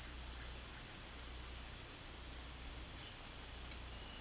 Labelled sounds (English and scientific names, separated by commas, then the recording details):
none
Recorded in dense forest near Puerto Asís, Putumayo, Colombia, on 19 March 2025 at 18:00
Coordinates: 0.503, -76.323
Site GP09